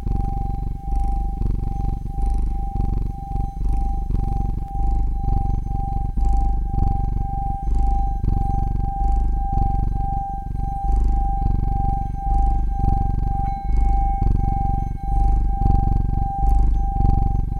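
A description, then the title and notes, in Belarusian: A cat purrs continuously, a deep rumbling throb that swells and eases in an even rhythm for the whole recording. A steady thin whine sits unchanged above the purr throughout, with a few faint clicks and rustles scattered through. Каціны asmr.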